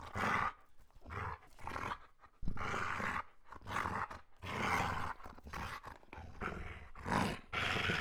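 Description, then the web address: Dog growling in rough, throaty bursts separated by short quieter gaps. Medium-sized dog growling. "Khaganat-games khanat-sounds-sources stock sound library animals dogs lukofinc medium-dog-growl"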